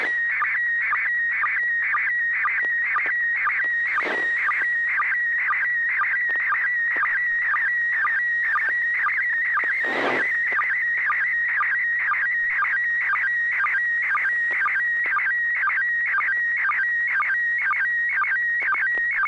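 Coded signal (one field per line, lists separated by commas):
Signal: SSTV (slow-scan television)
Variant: PD-120 mode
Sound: warbling whistly tone around 2 kHz with a steady rhythmic blip about twice a second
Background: FM radio hiss, low hum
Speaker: let's see bob if you're ready to transmit your photo um why don't you go right ahead okay uh this should be pd-120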